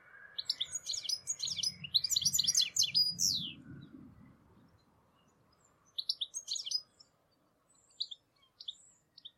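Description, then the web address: Bird calls in rapid bursts of high, sharp chirps over the first four seconds, with a low rumble beneath, then a quiet gap before shorter chirp bursts return. "Deverinetal. Bird Only"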